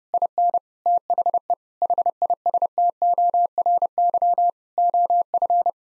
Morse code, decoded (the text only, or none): IN THE HISTORY OF